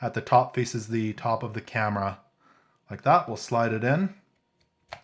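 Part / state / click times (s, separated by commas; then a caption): rechargeable battery into action camera battery compartment / seated / 4.9 s. Someone talks while sliding a rechargeable Enduro battery into the battery bay of a GoPro Hero 12 Black action camera, with the little notch facing the top of the camera. After the talking stops, a short sharp click sounds at 4.9 s as the battery is pushed all the way in and seats in the bay.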